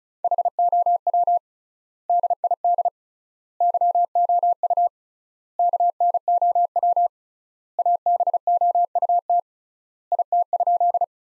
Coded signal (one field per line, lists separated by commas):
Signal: Morse code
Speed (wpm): 36 wpm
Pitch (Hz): 700 Hz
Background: none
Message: HOW DID YOU KNOW ABOUT IT?